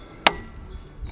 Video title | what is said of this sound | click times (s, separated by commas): The Perfect Electric Bike? - DYU C3 eBike Review | And then this just clicks in place. Like so. | 0.3 s